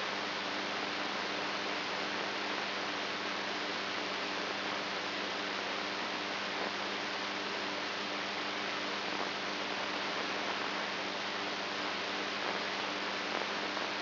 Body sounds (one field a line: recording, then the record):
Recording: brain microelectrode recording played as sound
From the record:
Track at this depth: inside the subthalamic nucleus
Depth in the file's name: 3.916 mm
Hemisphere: right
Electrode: 2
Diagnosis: Parkinson's disease